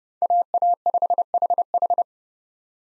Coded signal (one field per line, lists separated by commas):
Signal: Morse code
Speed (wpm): 30 wpm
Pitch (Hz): 700 Hz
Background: none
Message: AA5HH